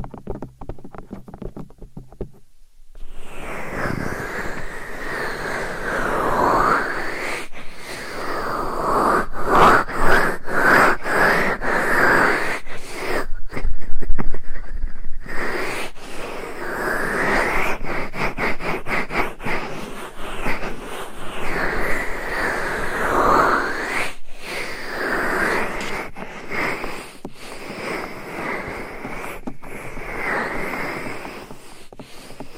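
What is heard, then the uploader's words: Scratching and rubbing against a microphone, with dense rustling that swells and eases in long sweeps. Sharp gaps and taps break it up, especially between about 8 and 16 seconds. Quiet for the first three seconds, then steady until the end. ASMR Binaural 3Dio Mic Scratching , Massage & Tapping Hypnotic Asmr No Talking.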